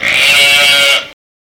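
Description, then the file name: Sheep bleat, a single loud cry lasting about a second, then silence. "Sheep-Sound Bible"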